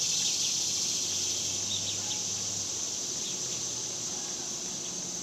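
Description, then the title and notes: Cicadas drone with a shrill continuous buzz, fading slightly, over a low hum. Recorded outdoors in summer in the suburbs. "Ext Summer Cicadas, Suburbs by Bandeto"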